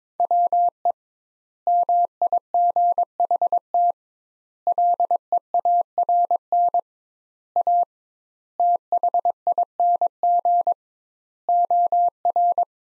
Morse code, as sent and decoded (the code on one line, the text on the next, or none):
.-- . / -- .. --. .... - / .-.. . .- .-. -. / .- / - .... .. -. --. / --- .-.
WE MIGHT LEARN A THING OR